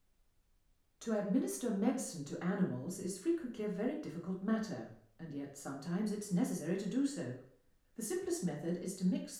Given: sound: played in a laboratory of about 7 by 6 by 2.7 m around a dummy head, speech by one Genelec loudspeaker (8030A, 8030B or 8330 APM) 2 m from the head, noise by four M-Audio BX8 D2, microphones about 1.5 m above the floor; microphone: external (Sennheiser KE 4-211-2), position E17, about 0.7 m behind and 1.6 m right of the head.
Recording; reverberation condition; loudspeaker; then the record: female speech in English; medium; 60 degrees to the right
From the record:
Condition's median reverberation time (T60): about 510 ms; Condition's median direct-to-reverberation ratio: about -0.5 dB